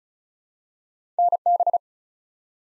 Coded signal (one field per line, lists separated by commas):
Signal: Morse code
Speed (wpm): 33 wpm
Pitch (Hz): 700 Hz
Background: none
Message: NB